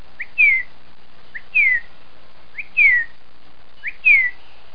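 Bird calls: a clear down-slurred whistle, each led by a short rising note, repeated four times about every 1.2 seconds over a quiet background.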